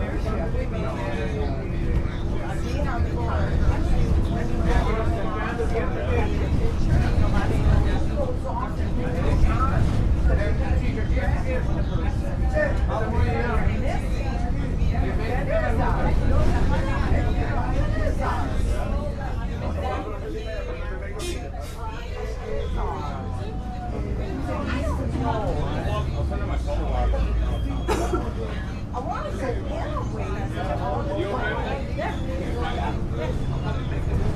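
Inside a local bus on the road, a steady low engine rumble runs throughout while passengers talk, voices overlapping in a loose murmur. The level stays fairly even, easing slightly after twenty seconds, with a few sharp clicks and rattles scattered through.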